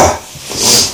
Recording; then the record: coughing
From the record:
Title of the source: Spring Cold Coughing 2